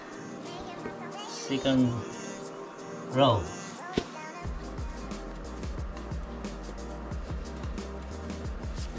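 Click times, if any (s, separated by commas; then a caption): none. A laminate flooring plank is handled against the click-lock joint of the neighbouring plank, with someone talking over background music. The plank has not clicked or seated into the joint yet.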